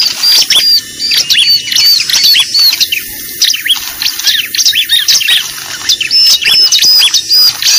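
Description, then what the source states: Bar-winged prinia giving high, sharp squeaky notes in quick bursts, clipped phrases tumbling over each other with brief pauses between runs. Lure call used for trapping birds (pikat), described as effective; known locally as ciblek.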